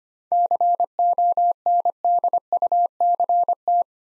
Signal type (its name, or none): Morse code